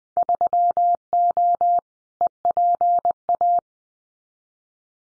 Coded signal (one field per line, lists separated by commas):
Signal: Morse code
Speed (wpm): 20 wpm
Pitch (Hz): 700 Hz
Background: none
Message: 3O EPA